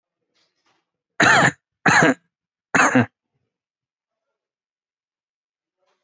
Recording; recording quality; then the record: heavy voluntary cough; excellent, no background noise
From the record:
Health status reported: COVID-19 positive, mild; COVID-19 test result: positive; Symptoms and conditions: cough, sore throat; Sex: male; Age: 34 years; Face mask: worn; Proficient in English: yes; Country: India